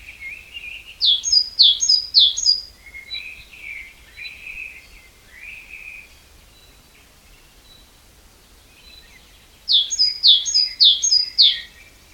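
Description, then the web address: Great tit giving a rapid run of four two-note phrases, high then sweeping down, followed by soft lower chirps and a pause, then another run of four. "SETE Parus major"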